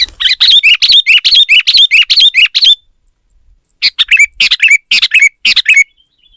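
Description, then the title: Sooty-headed bulbul giving a rapid run of bright chirpy notes for nearly three seconds, then a pause and several more spaced phrases. "kutilang"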